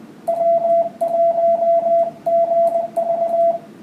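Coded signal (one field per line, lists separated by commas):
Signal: Morse code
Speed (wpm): 20 wpm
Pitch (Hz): 680 Hz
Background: radio noise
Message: W1GV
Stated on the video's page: Band watch across many frequencies, few stations active mainly on 20 meters, with 21 MHz band wide open.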